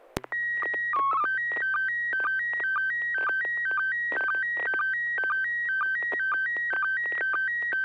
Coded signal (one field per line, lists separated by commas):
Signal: SSTV (slow-scan television)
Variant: PD 120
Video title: N6NA SSTV Net - 01/21/2026